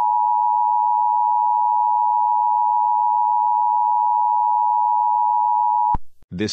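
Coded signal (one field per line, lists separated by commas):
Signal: Emergency Alert System (SAME) tones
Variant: 853 and 960 Hz attention tone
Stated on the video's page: Fictional simulated EAS scenario.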